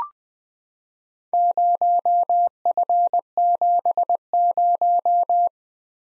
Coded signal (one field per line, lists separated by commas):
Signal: Morse code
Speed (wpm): 20 wpm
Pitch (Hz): 700 Hz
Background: none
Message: 0F70